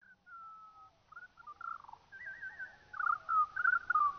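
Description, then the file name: Eurasian skylark song, slowed: long level whistles at first, building into quicker trilled and warbled phrases toward the end. Slowed down. "skylark slowed down"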